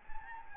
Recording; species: mosquito wingbeat signal from an infrared sensor; Anopheles gambiae